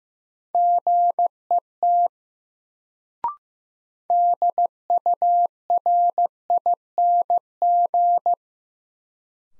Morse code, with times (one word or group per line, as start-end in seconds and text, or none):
0.5-2.1 GET
4.1-8.3 DURING